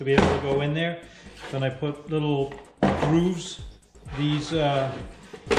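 Someone talks while handling a flexing side panel of a home-made collapsible storage bin for behind the seat of a RANS S-21 aircraft, fitting it toward small grooves meant to lock it into place. Only speech is heard over faint handling noise, and nothing has seated or clicked yet.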